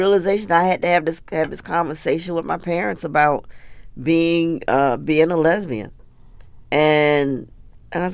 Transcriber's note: none